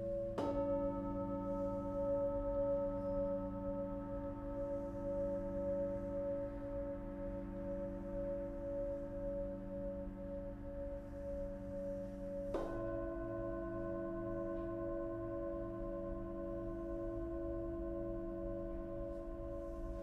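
A sound bath of singing bowls: one struck near the start and another around twelve seconds, each ringing long and steady over a low hum.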